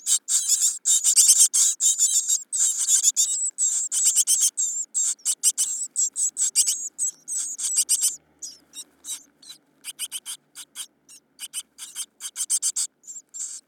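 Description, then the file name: Great tit rasping chatter, loud and dense at first, then breaking into sparser, rapid scratchy notes. "Parus major"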